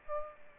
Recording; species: mosquito wingbeat signal from an infrared sensor; Aedes aegypti